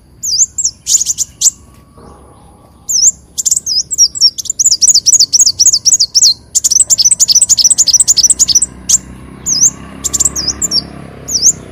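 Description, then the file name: Leafbird song: high notes, first scattered, then long rapid chattering runs of sharp repeated notes, ending with a few spaced calls. "Tieng chim xanh tim"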